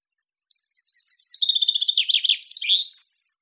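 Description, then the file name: Common chaffinch, a single song phrase of quick notes falling in pitch, ending in a flourish. "Fringilla coelebs"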